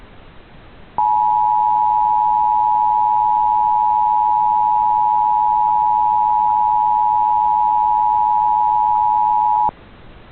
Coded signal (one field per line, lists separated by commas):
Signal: Emergency Alert System (SAME) tones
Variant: 853 and 960 Hz attention tone